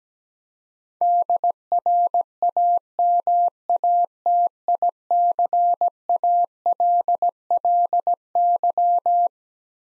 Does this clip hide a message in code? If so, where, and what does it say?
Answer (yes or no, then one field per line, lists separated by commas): yes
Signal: Morse code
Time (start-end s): 1.0-9.3 s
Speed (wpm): 17 wpm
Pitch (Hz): 700 Hz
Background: none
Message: DRAMATICALLY